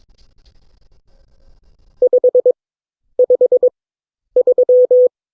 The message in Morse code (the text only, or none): 553